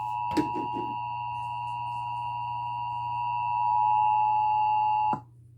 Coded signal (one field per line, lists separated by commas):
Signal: Emergency Alert System (SAME) tones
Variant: 853 and 960 Hz attention tone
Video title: (EAS #214-224) Required Monthly tests from 3/7/2022